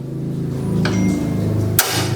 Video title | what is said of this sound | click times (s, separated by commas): Project Subie V20 - Pasang Footstep Revo lama di Supra Fit New | kencang udah di sini gini jadi begitu ditutup tuh ada suara klik Nah | 0.9 s, 1.8 s